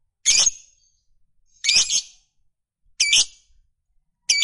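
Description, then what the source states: Lovebird uttering loud raspy squawks, four separated bursts roughly a second and a half apart. Fighter-type lovebird; the recording features its long chatter (ngekek panjang).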